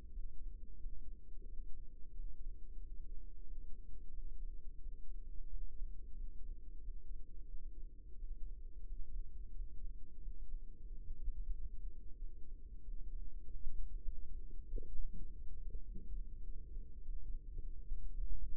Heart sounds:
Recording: heart sounds by microphone in the right ear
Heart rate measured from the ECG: 93 bpm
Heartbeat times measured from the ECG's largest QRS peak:
0.10 s: heartbeat
0.77 s: heartbeat
1.44 s: heartbeat
2.10 s: heartbeat
2.76 s: heartbeat
3.43 s: heartbeat
4.09 s: heartbeat
4.78 s: heartbeat
5.46 s: heartbeat
6.13 s: heartbeat
6.80 s: heartbeat
7.47 s: heartbeat
8.15 s: heartbeat
8.84 s: heartbeat
9.51 s: heartbeat
10.18 s: heartbeat
10.84 s: heartbeat
11.49 s: heartbeat
12.15 s: heartbeat
12.79 s: heartbeat
13.42 s: heartbeat
14.03 s: heartbeat
14.65 s: heartbeat
15.23 s: heartbeat
15.81 s: heartbeat
16.41 s: heartbeat
17.00 s: heartbeat
17.56 s: heartbeat
18.13 s: heartbeat
From the record:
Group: healthy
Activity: breath hold 0-11 s, rest 11-19 s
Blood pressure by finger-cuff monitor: 94/61 mmHg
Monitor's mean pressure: 72 mmHg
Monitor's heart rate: 91 bpm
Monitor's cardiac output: 6.5 L/min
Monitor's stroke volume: 71 mL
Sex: male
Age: 22 years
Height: 181 cm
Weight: 60 kg

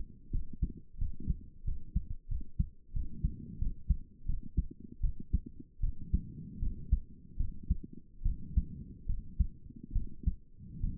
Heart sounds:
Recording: heart sounds by stethoscope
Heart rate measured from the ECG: 80 bpm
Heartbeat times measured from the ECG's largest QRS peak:
0.31 s: heartbeat
0.98 s: heartbeat
1.64 s: heartbeat
2.28 s: heartbeat
2.93 s: heartbeat
3.58 s: heartbeat
4.25 s: heartbeat
5.00 s: heartbeat
5.80 s: heartbeat
6.59 s: heartbeat
7.36 s: heartbeat
8.22 s: heartbeat
9.06 s: heartbeat
9.92 s: heartbeat
10.80 s: heartbeat
From the record:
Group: healthy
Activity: rest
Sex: female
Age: 22 years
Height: 154 cm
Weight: 58.7 kg

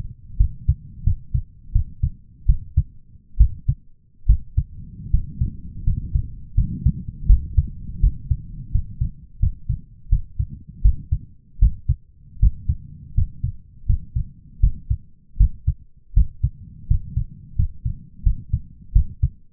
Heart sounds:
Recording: heart sounds by stethoscope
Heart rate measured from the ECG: 81 bpm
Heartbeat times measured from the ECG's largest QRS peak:
0.37 s: heartbeat
1.04 s: heartbeat
1.73 s: heartbeat
2.46 s: heartbeat
3.38 s: heartbeat
4.27 s: heartbeat
5.11 s: heartbeat
5.84 s: heartbeat
6.55 s: heartbeat
7.27 s: heartbeat
8.01 s: heartbeat
8.72 s: heartbeat
9.40 s: heartbeat
10.10 s: heartbeat
10.82 s: heartbeat
11.59 s: heartbeat
12.40 s: heartbeat
13.15 s: heartbeat
13.86 s: heartbeat
14.60 s: heartbeat
15.37 s: heartbeat
16.14 s: heartbeat
16.88 s: heartbeat
17.56 s: heartbeat
18.23 s: heartbeat
18.93 s: heartbeat
From the record:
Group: healthy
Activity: rest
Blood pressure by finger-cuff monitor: 163/101 mmHg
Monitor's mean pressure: 117 mmHg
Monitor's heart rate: 82 bpm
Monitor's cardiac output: 7.3 L/min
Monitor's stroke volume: 91 mL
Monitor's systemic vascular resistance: 1180 dyn s/cm5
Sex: male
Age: 23 years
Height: 179 cm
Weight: 87 kg

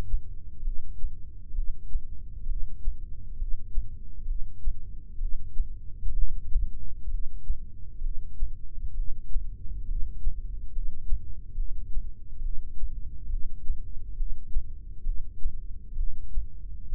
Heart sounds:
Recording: heart sounds by microphone in the left ear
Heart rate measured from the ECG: 66 bpm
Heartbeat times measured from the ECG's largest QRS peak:
0.65 s: heartbeat
1.56 s: heartbeat
2.49 s: heartbeat
3.40 s: heartbeat
4.28 s: heartbeat
5.21 s: heartbeat
6.17 s: heartbeat
7.12 s: heartbeat
8.04 s: heartbeat
8.97 s: heartbeat
9.88 s: heartbeat
10.74 s: heartbeat
11.58 s: heartbeat
12.44 s: heartbeat
13.31 s: heartbeat
14.18 s: heartbeat
15.07 s: heartbeat
15.99 s: heartbeat
16.92 s: heartbeat
From the record:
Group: heart failure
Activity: rest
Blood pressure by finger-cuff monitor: 135/100 mmHg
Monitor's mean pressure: 114 mmHg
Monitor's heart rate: 66 bpm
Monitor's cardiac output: 5.9 L/min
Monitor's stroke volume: 89 mL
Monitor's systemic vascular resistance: 1430 dyn s/cm5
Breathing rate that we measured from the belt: 17 breaths a minute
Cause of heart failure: idiopathic cardiomyopathy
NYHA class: 1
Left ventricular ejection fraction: 50%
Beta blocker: bisoprolol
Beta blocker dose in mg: 5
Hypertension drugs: candesartan, spironolactone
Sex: male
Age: 54 years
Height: 180 cm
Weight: 94.6 kg

